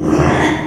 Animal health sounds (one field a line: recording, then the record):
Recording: squeal of a Yucatan mini pig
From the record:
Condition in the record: after surgery on the right vocal fold (resection and tissue-engineered implant)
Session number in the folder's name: 3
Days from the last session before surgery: 33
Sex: male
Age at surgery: 12 weeks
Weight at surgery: 13 kg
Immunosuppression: cyclosporine, prednisolone